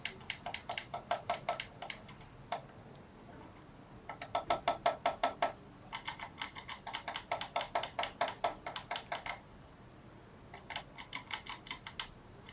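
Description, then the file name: Eurasian blue tit giving harsh churring runs of rapid clicking notes, several separate runs with short pauses between them. "Cyanistes caeruleus"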